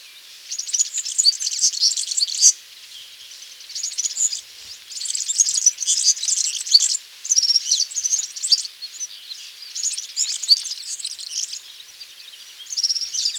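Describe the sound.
European serin song: fast, jingling, high-pitched buzzy trills delivered in bursts of one to two seconds with short pauses, repeated throughout.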